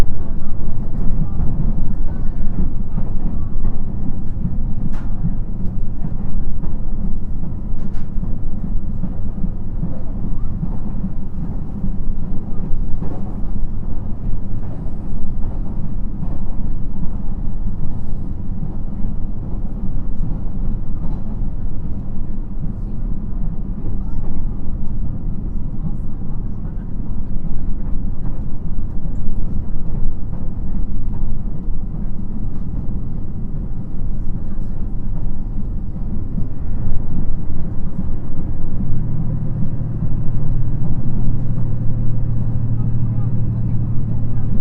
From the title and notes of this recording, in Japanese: JR四国 2700系気動車 南風20号 琴平から岡山まで。四国旅客鉄道2700系気動車の走行音です。今回は１回目で、琴平発車後から宇多津発車直後までです。琴平から岡山までの区間で録音しました。